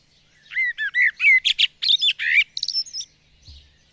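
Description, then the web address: Bird song of quick chirping notes and squeaky slurs that end in a few very high, thin whistled notes. "madarak enek"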